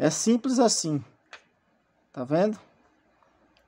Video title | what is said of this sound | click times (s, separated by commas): Como está colando corretamente lentes de LED utilizando cola instantânea. | dessa forma não encaixou vocês viram ele aí ó tá bom | none